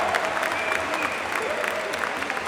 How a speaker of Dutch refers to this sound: Met het hoofdgerecht maken, dat heeft Food for the Mood gedaan. Nou, zij krijgen ook een applaus. Jongens, geweldig.